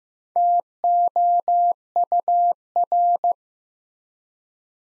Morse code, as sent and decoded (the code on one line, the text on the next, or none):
- --- ..- .-.
TOUR